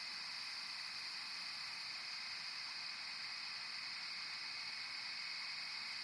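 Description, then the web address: Crickets in a steady, unbroken chorus of shrill, high trills from many insects together, constant in pitch and loudness the whole time. Crickets chirping at night in a corn field. "Ambience, Night, Corn, Field, Crickets, Chirp, Insects"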